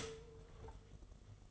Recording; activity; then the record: daily activity, microphone in the room; stop toaster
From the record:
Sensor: 4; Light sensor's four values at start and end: 4/8/3/2 and 4/8/3/2